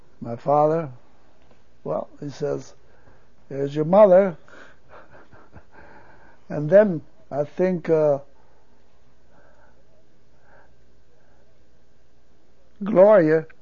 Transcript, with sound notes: my father. He says, "Here's your mother." ( he laughs ) And then, I think, Gloria...